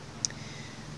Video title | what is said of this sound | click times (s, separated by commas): Mushroom Hunting at the Cabin and I Ate a Hedgehog! | also has a really nice lock mechanism on it as well so you can kind of rotate it like that so the blade locks in place | 0.2 s